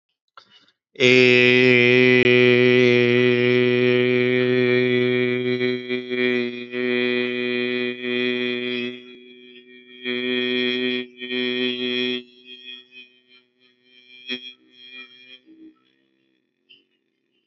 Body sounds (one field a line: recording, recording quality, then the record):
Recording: sustained vowel as in made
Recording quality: excellent, no background noise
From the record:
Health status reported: healthy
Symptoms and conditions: none ticked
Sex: male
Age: 39 years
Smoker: not ticked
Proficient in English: yes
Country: India